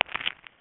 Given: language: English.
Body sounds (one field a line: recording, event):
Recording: throat vibration sensor signal played as sound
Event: swallow